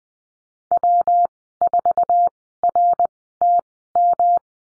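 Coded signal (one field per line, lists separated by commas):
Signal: Morse code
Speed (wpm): 19 wpm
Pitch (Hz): 700 Hz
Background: none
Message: W4RTM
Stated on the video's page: Morse code course lesson on the letter P with call signs, Farnsworth speed 20/10 wpm.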